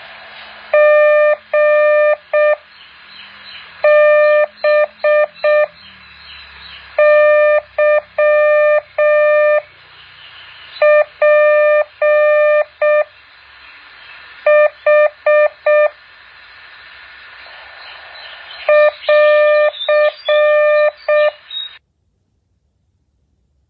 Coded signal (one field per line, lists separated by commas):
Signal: Morse code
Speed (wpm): 6 wpm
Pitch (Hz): 600 Hz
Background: none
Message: GBYPH <AR>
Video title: แบบฝึกหัด Morse code 7.1